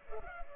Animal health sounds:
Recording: mosquito wingbeat signal from an infrared sensor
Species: Culex pipiens

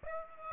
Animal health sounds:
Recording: mosquito wingbeat signal from an infrared sensor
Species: Aedes aegypti

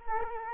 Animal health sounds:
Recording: mosquito wingbeat signal from an infrared sensor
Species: Culex quinquefasciatus

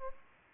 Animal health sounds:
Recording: mosquito wingbeat signal from an infrared sensor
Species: Aedes aegypti

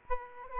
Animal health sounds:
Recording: mosquito wingbeat signal from an infrared sensor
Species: Aedes aegypti

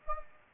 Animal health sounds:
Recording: mosquito wingbeat signal from an infrared sensor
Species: Anopheles gambiae

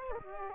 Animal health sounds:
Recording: mosquito wingbeat signal from an infrared sensor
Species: Aedes aegypti

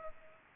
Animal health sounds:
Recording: mosquito wingbeat signal from an infrared sensor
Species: Culex pipiens

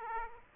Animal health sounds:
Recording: mosquito wingbeat signal from an infrared sensor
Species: Aedes aegypti

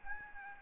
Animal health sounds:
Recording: mosquito wingbeat signal from an infrared sensor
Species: Aedes albopictus

